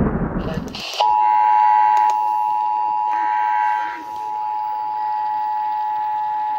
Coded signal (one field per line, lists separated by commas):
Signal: Emergency Alert System (SAME) tones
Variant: 853 and 960 Hz attention tone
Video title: Birthday Tests | EAS Tests From 12/7/2021 (EAS #1,120-1,127)